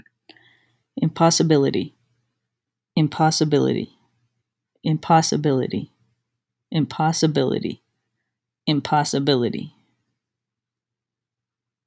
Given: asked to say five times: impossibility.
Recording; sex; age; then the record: repeated word; female; 40 to 49 years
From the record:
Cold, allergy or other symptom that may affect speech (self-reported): no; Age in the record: 43 years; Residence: California, United States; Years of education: 14